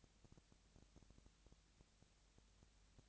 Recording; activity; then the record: daily activity, microphone in the room; no activity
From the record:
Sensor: 3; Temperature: 20.6 degrees Celsius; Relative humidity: 35.7%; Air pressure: 998.8 hPa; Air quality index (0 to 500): 236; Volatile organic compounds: 71 ppm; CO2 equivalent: 3526 ppm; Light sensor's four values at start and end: 2/3/2/2 and 2/3/2/2